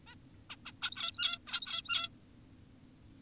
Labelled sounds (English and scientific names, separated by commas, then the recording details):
Zebra Finch (Taeniopygia guttata)
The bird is an adult
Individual g17y2U